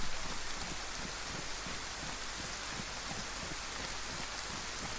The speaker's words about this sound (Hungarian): Már mondjuk annak is tudnék örülni, hogyha elállna ez az átkozott eső.